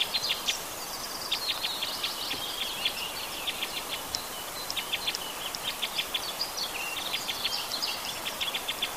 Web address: Loxia curvirostra